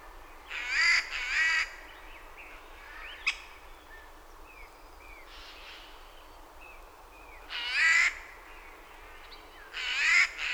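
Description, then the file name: Eurasian jay calling in harsh screeches, repeated three times with long pauses, soft thin whistles and a click between. "Garrulus glandarius"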